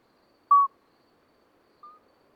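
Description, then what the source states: Common midwife toad: a strong clear beep, then a softer, slightly higher note a little later, in calm surroundings. Two small toads calling all night until dawn; Lesches-en-Diois, 13 May 2020, after two days of rain with dripping vegetation; discreet song; recorded with Nagra Seven and MKH40.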